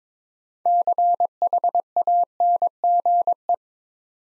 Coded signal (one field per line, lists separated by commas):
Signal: Morse code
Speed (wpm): 22 wpm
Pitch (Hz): 700 Hz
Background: none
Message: CHANGE